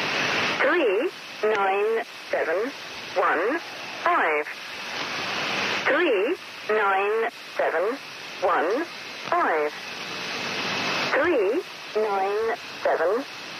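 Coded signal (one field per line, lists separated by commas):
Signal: numbers station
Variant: Lincolnshire Poacher (E3)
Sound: short, evenly spaced spoken words through noisy shortwave radio, about one per 1.3 seconds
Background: radio static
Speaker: the Lincolnshire poacher okay the name of the station and we're going to listen to a few seconds of this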